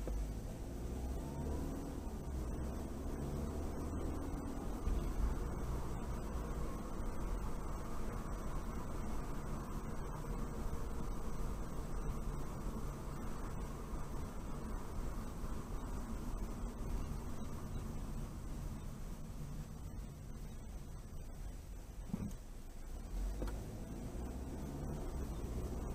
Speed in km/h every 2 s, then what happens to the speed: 15, 26, 32, 34, 34, 32, 31, 29, 27, 19, 10, 8, 16.
0-5 speeds up to 34. 5-16 steady at about 31. 16-21 brakes to 8. 22-26 speeds up to 16.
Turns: none.